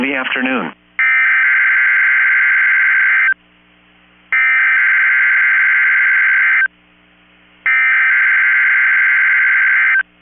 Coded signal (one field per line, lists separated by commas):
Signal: Emergency Alert System (SAME) tones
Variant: header bursts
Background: speech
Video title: 1/10/24 - KEC65 Required Weekly Test (EAS #971)